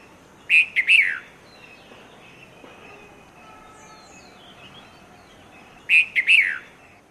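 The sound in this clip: Red-vented bulbul song: a short bubbly phrase of three quick chirpy notes near the start, repeated after a pause of about five seconds, with faint background noise.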